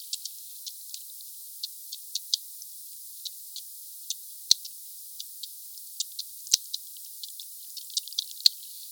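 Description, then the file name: Sperm whale clicking, crisp ticks arriving irregularly with several stronger snaps among fainter ones. "Sphyrna Odyssey Glotinetal meute 4 Cachalots 3 kmdistance enregistre-2 msurface 12 mn Sud Monaco HP 8 k Hz ralenti 5 foisenviron 20200114 160058"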